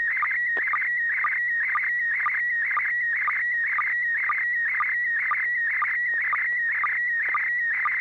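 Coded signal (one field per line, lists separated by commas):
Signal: SSTV (slow-scan television)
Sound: warbling, chirpy tone around 2 kHz with a regular low sync blip about twice a second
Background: low hum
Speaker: the River City Arc Slow Scan TV net. This net serves for training and practice in image transmission modes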